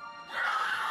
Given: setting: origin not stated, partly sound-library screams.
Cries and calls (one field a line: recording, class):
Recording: one-second piece from a danger detection set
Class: woman in danger